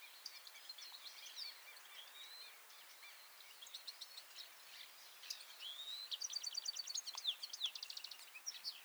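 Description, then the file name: European goldfinch twittering song, scattered thin notes at first, then a louder run of rapid buzzy, tinkling phrases in the second half, with steady background hiss. "Carduelis carduelis"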